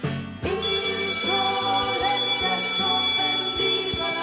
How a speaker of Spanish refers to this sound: Parece mentira que un día que no hay cole tengamos que volver a oír la campana, ¿eh?, de salir al recreo.